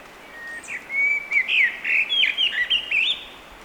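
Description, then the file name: Eurasian blackbird song: a low fluting warble of rising and falling whistles in many quick notes. "Turdus merula"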